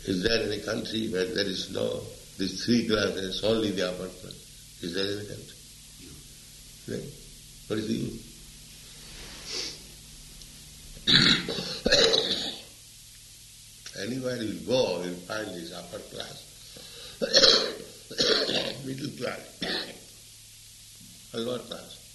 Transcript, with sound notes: Is there any country where there is no these three classes, only the upper class? Is there any country?
No.
Then what is the use? [coughing] Anywhere you'll go, you'll find this upper class, [coughing] middle class and lower class.